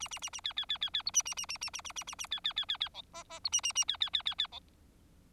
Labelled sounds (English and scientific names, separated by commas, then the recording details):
Bengalese Finch (Lonchura striata domestica) song
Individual Bird4